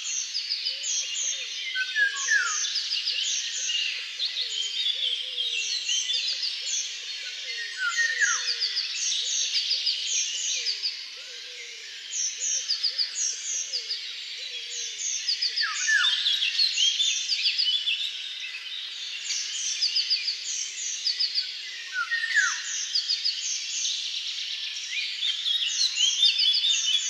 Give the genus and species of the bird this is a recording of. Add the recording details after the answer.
Oriolus oriolus. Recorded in the wild. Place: Waltershofen / Freiburg im Breisgau, Baden-Württemberg, DE. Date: 2009-05-10. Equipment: MiniDisc Sharp MT 20 H. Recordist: Schwarz, Dieter. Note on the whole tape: Song